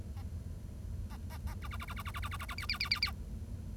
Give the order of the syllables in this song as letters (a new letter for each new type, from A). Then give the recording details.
A A A A B B B B B B B B B B B C C C C C. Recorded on 1 October 2012 at 10:17. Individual or60yw70